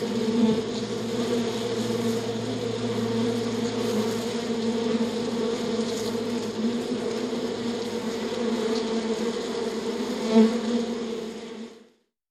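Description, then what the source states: Honey bees in a continuous low hive drone, a thick constant hum of many wings that holds steady before cutting off abruptly near the end. Sound of a beehive.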